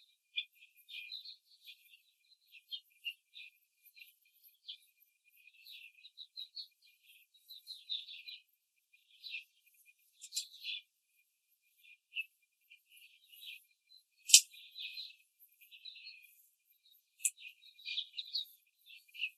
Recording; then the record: young laying hens in a cage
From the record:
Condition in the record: control cage, before the stress test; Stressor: none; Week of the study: 4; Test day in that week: 1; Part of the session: 2